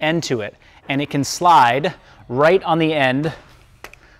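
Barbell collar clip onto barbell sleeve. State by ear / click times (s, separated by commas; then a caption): seated / 3.8 s, 3.9 s. Someone talks while an open-ended plate clip, a barbell collar, is slid onto the end of a steel barbell sleeve. Two sharp clicks at 3.8 s and 3.9 s mark the collar locking into place, where it is held extremely securely.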